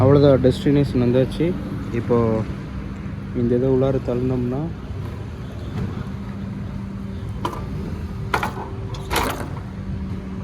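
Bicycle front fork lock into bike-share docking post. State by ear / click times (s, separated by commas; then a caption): seated / 8.3 s. Someone talks while a shared rental bicycle, at the end of the ride, is pushed forward so its front fork goes into a bike-share docking post, with faint mechanical knocks before and after. At 8.3 s the dock latch engages with a sharp mechanical clunk, and the bicycle is locked into the docking station.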